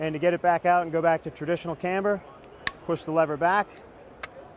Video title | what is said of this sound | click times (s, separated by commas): 2013 Fischer "Hybrid" Ski Line With "Adjustable Rocker Technology" | another flex and a click and now you're back to a traditional camber ski | 4.2 s